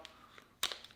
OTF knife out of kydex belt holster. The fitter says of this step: so the mechanism here is just literally just like a friction thing so this pops out